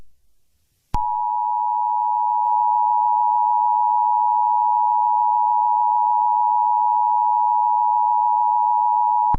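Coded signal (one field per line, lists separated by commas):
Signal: Emergency Alert System (SAME) tones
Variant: 853 and 960 Hz attention tone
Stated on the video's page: Fictional EAS scenario about a megatornado hitting the Lincoln, Nebraska area.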